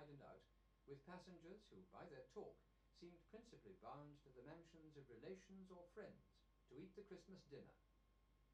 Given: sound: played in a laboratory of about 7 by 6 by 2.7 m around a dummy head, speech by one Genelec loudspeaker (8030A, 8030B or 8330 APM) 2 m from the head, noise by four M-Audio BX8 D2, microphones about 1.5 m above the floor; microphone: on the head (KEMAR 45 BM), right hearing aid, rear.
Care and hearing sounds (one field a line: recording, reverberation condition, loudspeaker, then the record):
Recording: male speech in English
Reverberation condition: low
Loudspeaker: 90 degrees to the left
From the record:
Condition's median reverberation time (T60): about 310 ms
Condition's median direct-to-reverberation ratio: about 3.5 dB